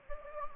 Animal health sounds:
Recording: mosquito wingbeat signal from an infrared sensor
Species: Anopheles gambiae

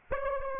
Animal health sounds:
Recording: mosquito wingbeat signal from an infrared sensor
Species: Aedes aegypti

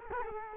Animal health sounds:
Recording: mosquito wingbeat signal from an infrared sensor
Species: Culex quinquefasciatus

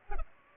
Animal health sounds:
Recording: mosquito wingbeat signal from an infrared sensor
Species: Culex pipiens

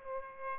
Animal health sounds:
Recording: mosquito wingbeat signal from an infrared sensor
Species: Aedes aegypti

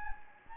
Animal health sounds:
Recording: mosquito wingbeat signal from an infrared sensor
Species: Anopheles gambiae

